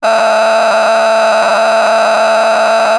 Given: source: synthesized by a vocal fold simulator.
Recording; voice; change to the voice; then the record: sustained vowel; female; a random mix of aspiration noise, stiffness perturbation and strain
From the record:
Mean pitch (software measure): 221 Hz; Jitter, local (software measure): 4.65%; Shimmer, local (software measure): 10.4%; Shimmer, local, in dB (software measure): 0.89 dB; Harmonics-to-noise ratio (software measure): 6.6 dB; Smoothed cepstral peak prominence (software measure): 9.4 dB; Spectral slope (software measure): -15.7 dB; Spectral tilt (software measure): -8.8 dB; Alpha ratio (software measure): -6.3 dB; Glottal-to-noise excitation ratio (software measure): 0.889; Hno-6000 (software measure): 1.6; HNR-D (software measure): 28.7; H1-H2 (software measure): -1.1 dB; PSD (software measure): 1.6e-03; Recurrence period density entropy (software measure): 0.131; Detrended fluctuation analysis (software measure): 0.0106